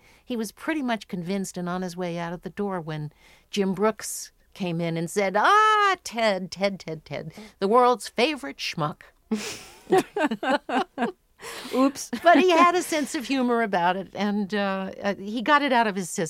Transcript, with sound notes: And he was pretty much convinced and on his way out of the door when Jim Brooks came in and said, ah, Ted, Ted, Ted, Ted, the world's favorite schmuck.
(LAUGHTER) Oops.
But he had a sense of humor about it, and he got it out of his system.